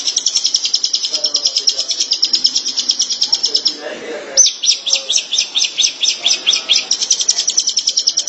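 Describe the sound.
Shrike singing a rapid, high, rattling series of clipped notes; it breaks briefly, then resumes.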